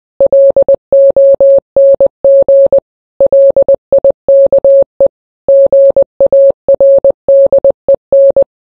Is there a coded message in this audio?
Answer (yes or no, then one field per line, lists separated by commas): yes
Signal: Morse code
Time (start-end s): 0.2-8.4 s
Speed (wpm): 20 wpm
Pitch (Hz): 550 Hz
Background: none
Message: LONG LIKE GARDEN